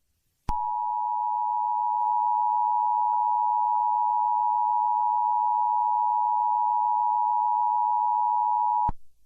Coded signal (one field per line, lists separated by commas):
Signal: Emergency Alert System (SAME) tones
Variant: 853 and 960 Hz attention tone